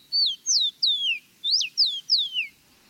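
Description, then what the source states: Rufous-collared Sparrow song: six clear whistled notes, each sweeping downward. Locally called Tico Tico, a name taken from its song.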